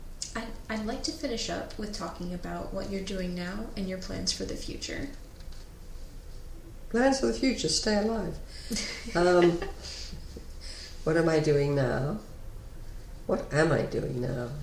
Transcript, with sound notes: I would like to finish up with talking about what you're doing now and your plans for the future.
Plans for the future? Stay alive. [LAUGH] What am I doing now? What am I doing now?